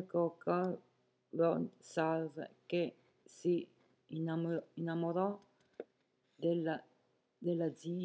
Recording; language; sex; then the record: read passage; Italian; female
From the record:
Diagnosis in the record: healthy control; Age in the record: 70 years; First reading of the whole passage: 149 s, 3.0 characters per second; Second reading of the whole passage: 105 s, 4.4 characters per second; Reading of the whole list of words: 65 s, 4.0 characters per second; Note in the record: marked for poor recording quality or reading difficulty